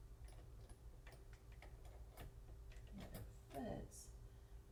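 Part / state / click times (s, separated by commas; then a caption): pen or blade in a cutting machine's clamp / not seated / none. A pen or blade is pushed point-down into the holder clamp of a cutting machine while someone talks, with faint small ticks and taps in the background. It seems to fit, but no click is heard and nothing has seated or clicked yet, so the item is then held down.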